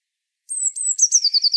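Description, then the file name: Eurasian blue tit starts with high, thin, sliding notes that break into a fast repeated trill, cut off partway through the phrase. "Cyanistes caeruleus"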